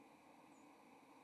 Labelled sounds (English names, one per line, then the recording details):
White-throated Sparrow flight call
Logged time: 07:19 on 30 October 2014